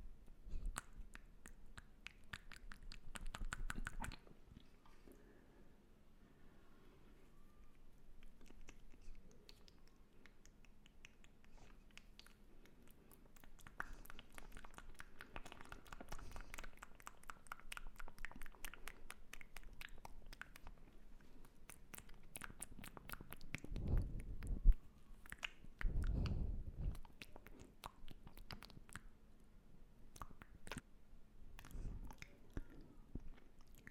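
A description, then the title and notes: Mouth sounds of wet clicks and smacking, chewing-like bursts clustered around four, sixteen, and twenty-four to twenty-seven seconds, with quieter gaps between. Mouth Sounds X 2.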